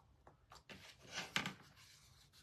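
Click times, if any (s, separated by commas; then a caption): 1.4 s. A decorative craft piece is pressed into its holder or frame during craft assembly, with soft rubbing and faint taps near 0.3 s and 0.5 s. A sharp pop at 1.4 s, followed by a smaller tap at 1.5 s, marks the piece popping into place and seating.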